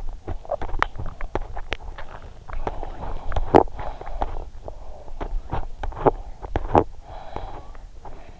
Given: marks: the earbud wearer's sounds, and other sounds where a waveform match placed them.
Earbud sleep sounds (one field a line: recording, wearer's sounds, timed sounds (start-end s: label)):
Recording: sounds in sleep by an in-ear microphone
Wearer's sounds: teeth grinding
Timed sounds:
0.00-8.13 s: teeth grinding